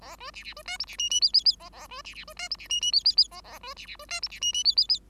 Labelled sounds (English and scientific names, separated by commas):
Bengalese Finch (Lonchura striata domestica) song